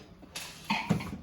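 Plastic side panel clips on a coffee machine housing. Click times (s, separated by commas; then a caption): 0.4 s, 0.7 s. The left plastic side panel of an office coffee machine is lifted straight up after its two bottom screws have been removed, and its housing clips snap loose. Two sharp clicks are heard at 0.4 s and 0.7 s, and the panel is released.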